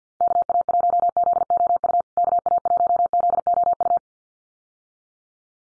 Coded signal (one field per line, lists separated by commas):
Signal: Morse code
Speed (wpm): 50 wpm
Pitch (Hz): 700 Hz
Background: none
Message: KA1ZOU KA1ZOU